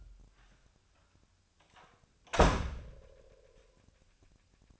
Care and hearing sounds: daily activity, microphone in the room; close door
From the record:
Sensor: 2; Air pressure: 1007.4 hPa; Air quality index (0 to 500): 182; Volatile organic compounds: 10 ppm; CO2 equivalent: 2226 ppm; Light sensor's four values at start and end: 10/23/10/10 and 9/22/9/9

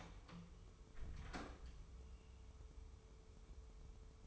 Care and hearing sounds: daily activity, microphone in the room; close door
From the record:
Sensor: 1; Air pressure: 1015.1 hPa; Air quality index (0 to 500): 96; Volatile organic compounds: 2 ppm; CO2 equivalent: 1288 ppm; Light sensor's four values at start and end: 14/33/14/15 and 14/33/14/15

